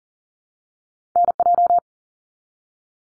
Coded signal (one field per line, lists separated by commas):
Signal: Morse code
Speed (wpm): 40 wpm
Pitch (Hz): 700 Hz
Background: none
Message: NJ